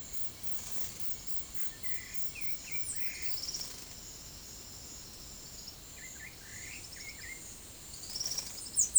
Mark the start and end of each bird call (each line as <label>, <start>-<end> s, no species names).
bird call, 1.65-3.71 s
bird call, 5.46-7.46 s
bird call, 7.98-8.99 s